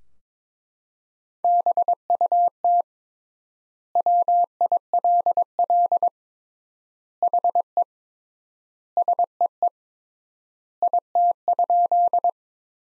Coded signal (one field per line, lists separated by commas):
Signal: Morse code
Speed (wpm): 22 wpm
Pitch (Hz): 700 Hz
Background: none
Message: BUT WILL HE SEE IT?